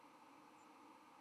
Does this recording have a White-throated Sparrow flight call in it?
no